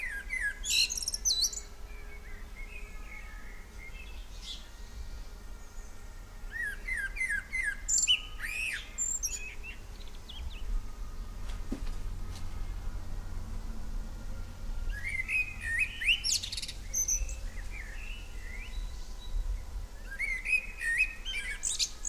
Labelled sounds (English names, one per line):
Common Blackbird song